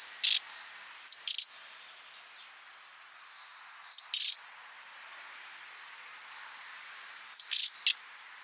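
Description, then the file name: Common nightingale calls: several bursts of sharp, clicking notes, some opening with a thin high whistle, separated by gaps against faint background hiss. "Luscinia megarhynchos"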